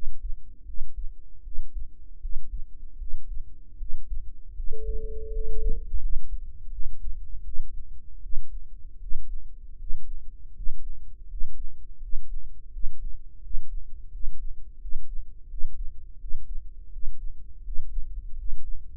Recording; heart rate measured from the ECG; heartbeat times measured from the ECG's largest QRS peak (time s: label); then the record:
heart sounds by microphone in the right ear; 81 bpm
0.64 s: heartbeat
1.42 s: heartbeat
2.19 s: heartbeat
2.97 s: heartbeat
3.76 s: heartbeat
4.54 s: heartbeat
5.31 s: heartbeat
5.99 s: heartbeat
6.70 s: heartbeat
7.43 s: heartbeat
8.21 s: heartbeat
8.99 s: heartbeat
9.76 s: heartbeat
10.53 s: heartbeat
11.27 s: heartbeat
11.99 s: heartbeat
12.70 s: heartbeat
13.40 s: heartbeat
14.10 s: heartbeat
14.78 s: heartbeat
15.47 s: heartbeat
16.18 s: heartbeat
16.90 s: heartbeat
17.62 s: heartbeat
18.35 s: heartbeat
From the record:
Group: healthy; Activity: rest 0-8 s, Valsalva maneuver 8-19 s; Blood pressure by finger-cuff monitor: 96/59 mmHg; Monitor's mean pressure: 70 mmHg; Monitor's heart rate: 83 bpm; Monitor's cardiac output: 7.1 L/min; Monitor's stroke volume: 88 mL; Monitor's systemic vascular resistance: 720 dyn s/cm5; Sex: female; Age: 19 years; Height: 163 cm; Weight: 48.9 kg